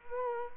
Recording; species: mosquito wingbeat signal from an infrared sensor; Culex quinquefasciatus